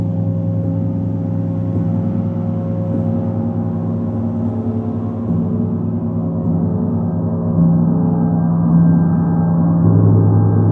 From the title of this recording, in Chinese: 銅鑼練習Gong